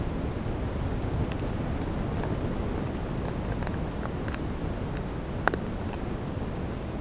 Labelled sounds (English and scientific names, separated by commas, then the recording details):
none
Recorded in secondary vegetation near Puerto Asís, Putumayo, Colombia, on 8 March 2025 at 16:30
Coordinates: 0.481, -76.318
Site G097